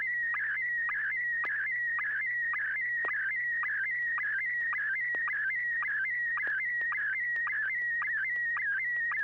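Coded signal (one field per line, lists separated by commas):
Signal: SSTV (slow-scan television)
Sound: warbling whistle-like tone shifting pitch, with regular quick sync chirps, continuous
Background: FM radio hiss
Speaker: All right, here we go. N6YG.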